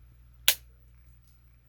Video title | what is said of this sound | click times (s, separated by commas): Aurra Sing Star Wars The Vintage Collection VC 73 (Discover The Force #1) | and the briefcase just snaps in place | 0.5 s